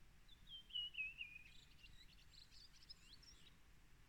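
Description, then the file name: Bird calling with a thin, high whistle that slides downward, then a few softer twittering notes, heard over low rumbling background noise. "hvilken fugl er dette"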